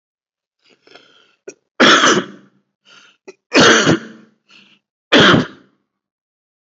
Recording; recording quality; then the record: heavy voluntary cough; excellent, no background noise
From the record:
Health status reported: COVID-19 positive, mild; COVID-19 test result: positive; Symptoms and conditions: cough, fever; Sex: male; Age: 45 years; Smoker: not ticked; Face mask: worn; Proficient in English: yes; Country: India